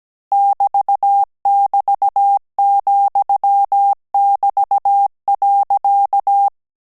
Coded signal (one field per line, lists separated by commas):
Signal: Morse code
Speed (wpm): 17 wpm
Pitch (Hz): 800 Hz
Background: none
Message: <BT><BT>,<BT>.